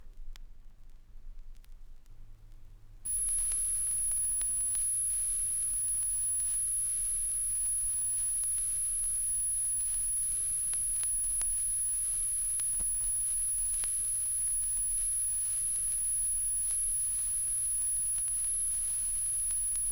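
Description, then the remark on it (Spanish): A steady, piercing high-pitched pure sine tone starts after a brief quiet moment and holds one unchanging pitch until the end, with a faint low hum beneath it. “Se trataba de tres tonos puros, es decir, de tres sonidos de una frecuencia única”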